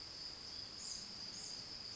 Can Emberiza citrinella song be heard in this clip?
no